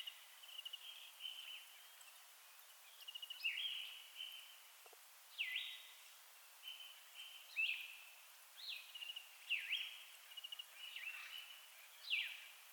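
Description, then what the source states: Northern flicker giving repeated loud downslurred calls mixed with short chattering notes, over steady background hiss. Subspecies Colaptes auratus collaris.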